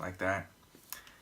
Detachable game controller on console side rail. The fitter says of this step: well it did not go enough away this not locking